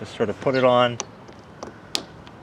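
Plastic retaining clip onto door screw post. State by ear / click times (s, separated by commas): seated / 1.9 s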